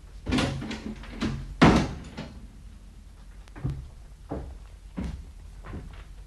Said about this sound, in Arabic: إيميليا، انهضي لأداء واجبك يا امرأة. دعي العاشقين وحدهما واغلقي دونهما الباب.